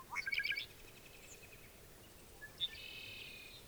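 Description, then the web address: Red-winged blackbird calling: a quick burst of sharp stuttered notes, then after a pause a buzzy, harmonic trill held for about a second, over faint steady background hiss. "soundandlightecologyteam"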